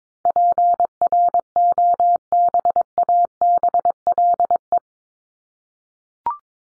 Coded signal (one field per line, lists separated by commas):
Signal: Morse code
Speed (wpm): 22 wpm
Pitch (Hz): 700 Hz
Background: none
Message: PROBABLE